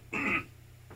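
A single short, harsh throat clear from an adult man, about a third of a second long, rough and noisy, then quiet. It is a deliberate clearing effort against lingering phlegm he cannot shake, though he is otherwise recovering and feels better. Heard in a small indoor room.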